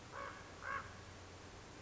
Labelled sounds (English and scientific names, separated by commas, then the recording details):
Common Raven (Corvus corax)
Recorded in Sonoma County, California